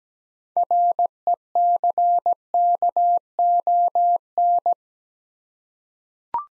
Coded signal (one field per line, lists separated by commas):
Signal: Morse code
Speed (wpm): 17 wpm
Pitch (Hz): 700 Hz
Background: none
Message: RECKON